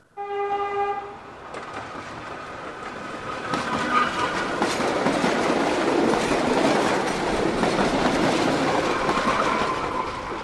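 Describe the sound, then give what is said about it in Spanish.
A fast train speeds past on the rails: a short, steady horn blast opens, then a loud, sustained rushing roar with rattling wheel noise swells and holds to the end. “Los trenes más rápidos del mundo están en China, Italia, Francia, Japón, España, Taiwán, Alemania, Marruecos, Bélgica y Corea del Sur.”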